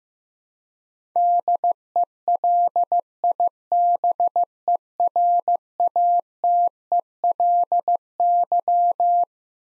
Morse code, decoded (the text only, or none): DELIBERATELY